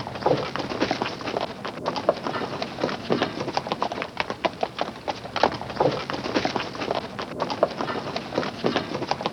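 Steady clattering of horse hooves, quick regular strikes running throughout with a light background hiss.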